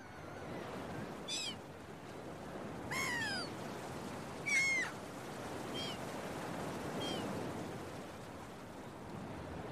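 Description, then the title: Gull calls, a series of short downslurred harmonic cries spaced a second or two apart, over a steady wash of breaking waves. Early morning at the beach, with waves. "Early Morning Seagulls and Beach Waves"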